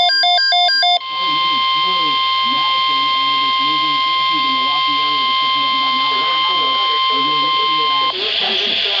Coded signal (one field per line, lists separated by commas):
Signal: Emergency Alert System (SAME) tones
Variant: 1050 Hz attention tone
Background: speech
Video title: EAS Alert #16 - Severe Thunderstorm Watch #2 5/28/12